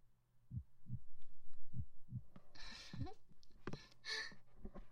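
Soft, deep paired thumps repeat slowly and evenly, roughly 50 beats a minute, with rustling noise from handling the stethoscope in the second half. It is a calm, soothing, very regular normal adult heartbeat.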